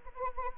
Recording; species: mosquito wingbeat signal from an infrared sensor; Anopheles arabiensis